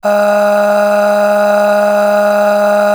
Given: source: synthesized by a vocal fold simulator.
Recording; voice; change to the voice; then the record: sustained vowel; female; aspiration noise (breathiness), level 9 of 10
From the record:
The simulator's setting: 3.21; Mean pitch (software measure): 206 Hz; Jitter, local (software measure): 1.07%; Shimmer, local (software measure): 12.5%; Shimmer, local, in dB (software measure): 1.11 dB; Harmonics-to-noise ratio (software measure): 13.2 dB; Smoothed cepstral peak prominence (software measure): 11.3 dB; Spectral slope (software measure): -20.2 dB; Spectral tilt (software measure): -7.3 dB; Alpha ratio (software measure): -10.7 dB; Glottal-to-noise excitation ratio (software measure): 0.737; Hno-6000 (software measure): 1.7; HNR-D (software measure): 35.6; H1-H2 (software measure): 7.1 dB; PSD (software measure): 5.7e-05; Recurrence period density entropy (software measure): 0.127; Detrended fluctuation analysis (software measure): 0.0275